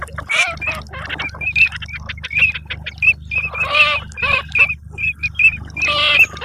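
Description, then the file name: Eurasian teal calls: short, clear whistled notes repeated many times among harsher nasal calls. "ALZAVOLA"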